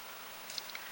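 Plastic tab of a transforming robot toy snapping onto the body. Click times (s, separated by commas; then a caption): 0.6 s. A plastic tab on a Unique Toys UT-W02 War Lord Ironhead (aka Transformers Decepticon Predaking Headstrong) transforming robot figure is pushed onto its mating peg on the body during transformation, with a warning that the cheaper-quality plastic may eventually break from doing this. Against a steady low hiss, faint ticks at 0.5 s and 0.8 s surround one sharp, bright snap at 0.6 s. The tab seats onto the peg.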